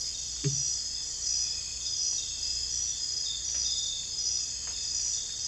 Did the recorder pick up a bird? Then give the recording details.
no. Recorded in dense forest near Puerto Asís, Putumayo, Colombia, on 22 December 2024 at 00:00. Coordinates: 0.484, -76.317. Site G026